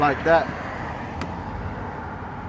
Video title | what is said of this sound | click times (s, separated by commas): Making sure the door handle works on a 2005 Acura TSX | make sure it snaps into place and then you'll be able to uh open your door | 1.2 s